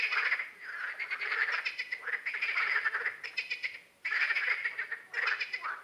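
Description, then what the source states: Frogs calling together in a thick, rattling chorus of rapid pulsed croaks, with short lulls before the sound resumes at full strength. Night-time frog ambience.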